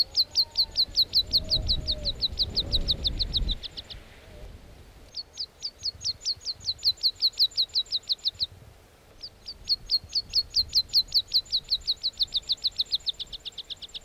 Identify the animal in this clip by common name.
Meadow Pipit